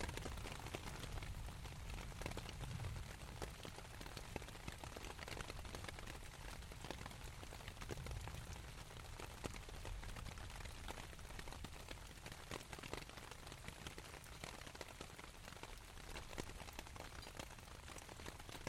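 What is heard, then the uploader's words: Dense, steady rain patters on a tent fabric, crackling with constant fine drops over a low rumbling undertone that swells gently near three and eight seconds. Rain on tent, Thunder with reverb valley nearby - Binaural field recording, 11 2011, N-W Florida. This is a binaural audio recording.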